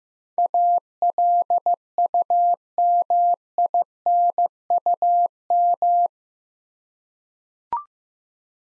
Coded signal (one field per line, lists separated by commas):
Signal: Morse code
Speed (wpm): 15 wpm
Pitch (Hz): 700 Hz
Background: none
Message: ALUMINUM